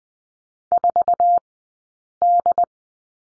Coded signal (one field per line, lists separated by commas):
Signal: Morse code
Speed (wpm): 20 wpm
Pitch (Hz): 700 Hz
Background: none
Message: 4D